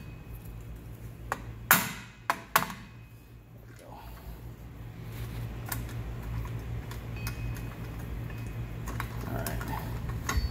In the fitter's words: hasn't snapped my